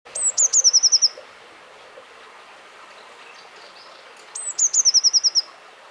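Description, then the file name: Eurasian blue tit singing two phrases about three seconds apart, each made of thin, high introductory notes followed by a quick, falling trill. "Cyanistes caeruleus"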